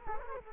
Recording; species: mosquito wingbeat signal from an infrared sensor; Culex quinquefasciatus